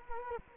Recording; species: mosquito wingbeat signal from an infrared sensor; Culex quinquefasciatus